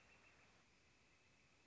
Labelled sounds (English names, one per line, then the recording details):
Northern Flicker
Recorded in Sonoma County, California